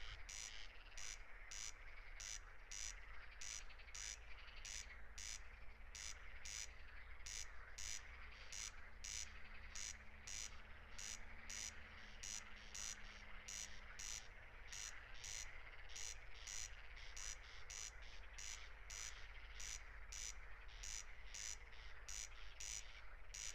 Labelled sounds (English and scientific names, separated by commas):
Corn Crake (Crex crex) song